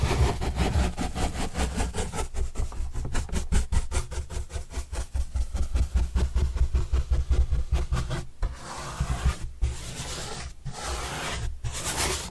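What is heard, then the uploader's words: Cardboard is brushed in quick, regular rasping strokes for about eight seconds, then the scraping turns smoother and steadier, broken by brief pauses. ASMR Cardboard Brushing (No Talking).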